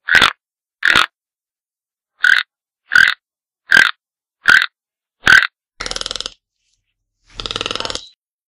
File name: Sonido del Tucán sonidos cortos de animales ave